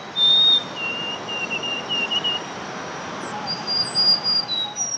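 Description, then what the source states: White-throated Sparrow singing thin, high whistled notes: a short opening whistle, then a series of level tones and a few higher notes, over steady background hiss. Single 'bilingual' sparrow that sang a warbler song, 'zee zee zee zoo zee', alternating with its own song; April morning; probably raised near black-throated green warblers.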